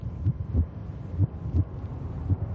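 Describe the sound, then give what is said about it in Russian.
A magpie's weak heartbeat, its pulse being checked: soft, low, muffled double thumps repeating about once a second, three beats in all, over a dull steady hum with no voices. “Сорока жива, но пульс слабый.”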